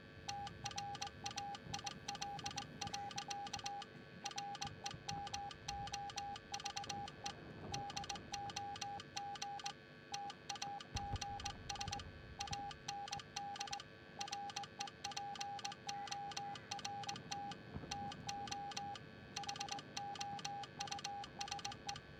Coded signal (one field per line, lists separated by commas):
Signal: Morse code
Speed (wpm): 18 wpm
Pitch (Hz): 810 Hz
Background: none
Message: TRAIL. REMOVE DOG TAGS AND REPORT TO HOUSE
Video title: BF1 Morse Code 5 Second try